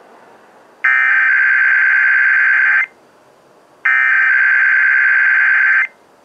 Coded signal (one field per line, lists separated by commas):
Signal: Emergency Alert System (SAME) tones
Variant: header bursts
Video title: Monday Morning Weeklies (EAS #3074-3076)